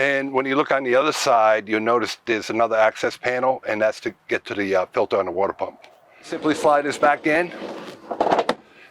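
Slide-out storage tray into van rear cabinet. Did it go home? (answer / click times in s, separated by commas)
yes / 8.5 s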